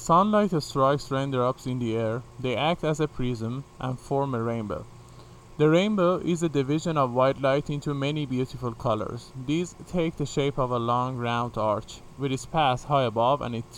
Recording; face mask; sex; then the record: reading aloud; none; male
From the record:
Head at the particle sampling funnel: facing it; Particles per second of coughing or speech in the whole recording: 2.9